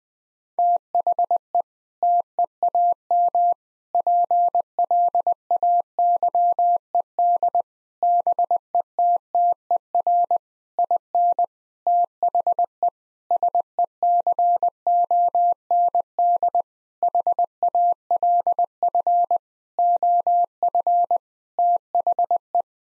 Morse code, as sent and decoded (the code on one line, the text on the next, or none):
- .... . / - . .- -- / .--. .-.. .- -.-- . -.. / -... . - - . .-. / .. -. / - .... . / ... . -.-. --- -. -.. / .... .- .-.. ..-. / --- ..-. / - .... .
THE TEAM PLAYED BETTER IN THE SECOND HALF OF THE